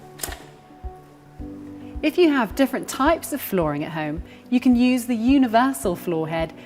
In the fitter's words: and allow it to click into place